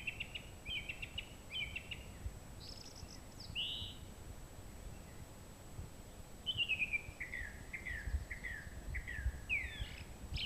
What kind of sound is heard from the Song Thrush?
song